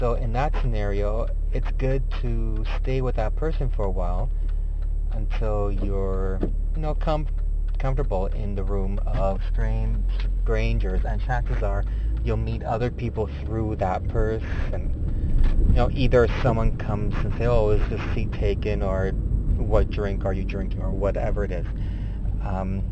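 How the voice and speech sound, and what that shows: An adult man who stutters speaks in fairly quick conversational runs, broken by brief part-word repetitions ("com- comfortable", "stran- strangers"), hesitations and filled pauses. These are mild stuttering disfluencies in otherwise fluent speech. A steady low hum sits in the background.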